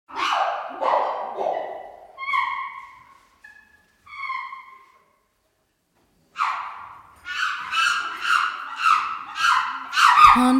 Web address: chimpanzee